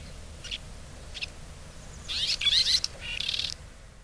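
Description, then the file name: Red-rumped swallow calls: two faint high chirps, then a burst of twittering notes in the second half, over steady low background noise. Recorded in Hyogo. "koshiakatsubame. hyogo kaji"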